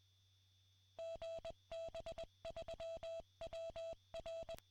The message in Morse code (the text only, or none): GB3WR